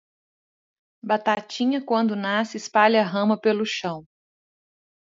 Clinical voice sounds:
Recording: short text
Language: Brazilian Portuguese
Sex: female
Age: 30 to 39 years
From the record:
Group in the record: control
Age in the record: 34 years

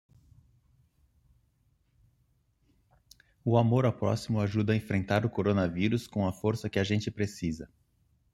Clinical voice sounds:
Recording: spoken sentence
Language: Brazilian Portuguese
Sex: male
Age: 50 to 59 years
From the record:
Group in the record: control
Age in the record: 50 years

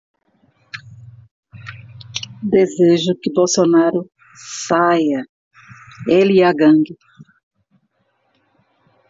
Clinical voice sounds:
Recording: short text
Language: Brazilian Portuguese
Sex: female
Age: 50 to 59 years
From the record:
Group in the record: control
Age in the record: 53 years

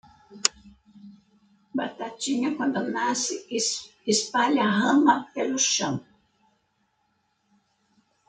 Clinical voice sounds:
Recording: short text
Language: Brazilian Portuguese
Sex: female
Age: 70 to 79 years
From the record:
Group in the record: control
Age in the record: 76 years

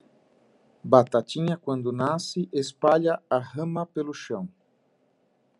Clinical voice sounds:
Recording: short text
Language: Brazilian Portuguese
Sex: male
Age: 50 to 59 years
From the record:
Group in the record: control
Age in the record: 56 years

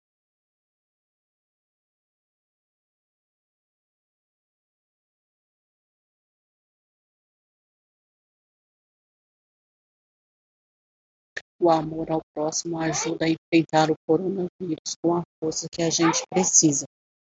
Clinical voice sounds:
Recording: spoken sentence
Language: Brazilian Portuguese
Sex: female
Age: 50 to 59 years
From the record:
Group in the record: control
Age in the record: 50 years

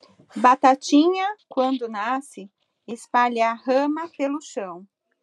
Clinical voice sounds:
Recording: short text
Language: Brazilian Portuguese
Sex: female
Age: 40 to 49 years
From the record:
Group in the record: control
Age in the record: 42 years

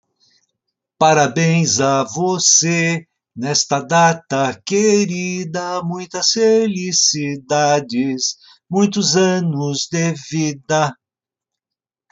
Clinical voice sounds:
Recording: short text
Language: Brazilian Portuguese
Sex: male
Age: 70 to 79 years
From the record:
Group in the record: control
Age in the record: 77 years

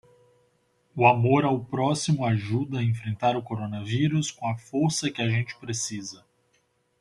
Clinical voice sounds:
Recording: spoken sentence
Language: Brazilian Portuguese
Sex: male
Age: 30 to 39 years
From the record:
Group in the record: control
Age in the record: 31 years

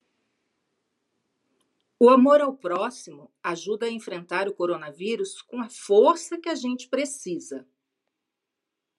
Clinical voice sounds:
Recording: spoken sentence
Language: Brazilian Portuguese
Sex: female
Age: 50 to 59 years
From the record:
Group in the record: control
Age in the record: 56 years

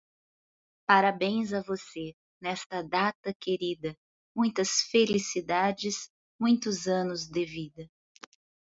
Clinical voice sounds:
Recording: short text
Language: Brazilian Portuguese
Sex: female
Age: 40 to 49 years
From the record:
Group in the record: control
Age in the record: 44 years

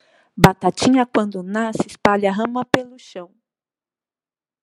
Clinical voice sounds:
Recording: short text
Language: Brazilian Portuguese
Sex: female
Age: 40 to 49 years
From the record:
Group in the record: control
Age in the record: 47 years

